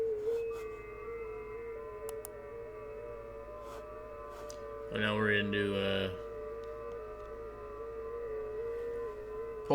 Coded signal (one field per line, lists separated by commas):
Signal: FT8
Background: speech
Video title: Me working dx and screen capture test on ham radio